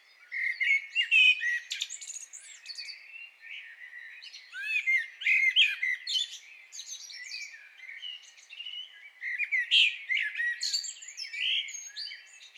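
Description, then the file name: Common blackbird delivering continuous, varied warbling with squeaky high notes woven throughout, with no long pauses. "Turdus merula"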